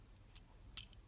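A plastic spring-loaded axe from a Transformers Cyberverse Optimus Prime action figure is pushed in and struck, and small faint ticks are heard around 0.2 s, 0.4 s and 0.9 s. At 0.8 s the blade piece flips out with a sharp, bright snap, and the blade is released open.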